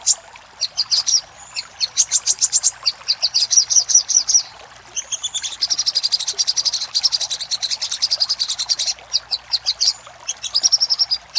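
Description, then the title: Little spiderhunter singing a high, fast stream of clipped metallic notes in several long runs, some phrases slightly buzzier, separated by short gaps. For training cage birds; Indonesian name sogok ontong, labelled labaik. "Masteran Burung Sogok Ontong Labaik"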